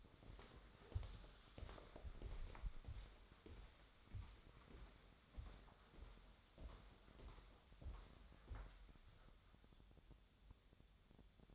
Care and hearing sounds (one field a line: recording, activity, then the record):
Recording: daily activity, microphone in the room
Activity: walk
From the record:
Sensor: 3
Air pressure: 1015.3 hPa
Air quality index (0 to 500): 124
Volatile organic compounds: 5 ppm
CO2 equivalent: 1742 ppm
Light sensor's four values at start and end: 16/41/16/18 and 16/41/16/18